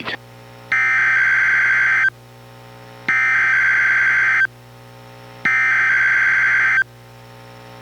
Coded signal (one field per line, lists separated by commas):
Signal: Emergency Alert System (SAME) tones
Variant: header bursts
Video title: EAS #1040: NWR Required Weekly Test- Dec. 25, 2024- 11:05AM PST